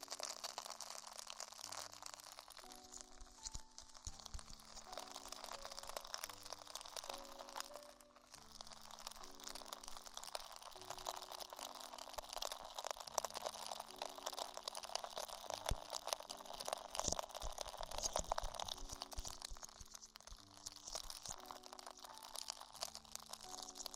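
Ear exploration sounds made of constant crisp crunching and crinkling, thick and fast with no real pauses, bright and hissy up high. A low steady hum shifts pitch in steps underneath, and the crackling briefly thins around the eight-second mark.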